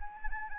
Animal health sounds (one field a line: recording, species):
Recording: mosquito wingbeat signal from an infrared sensor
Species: Anopheles arabiensis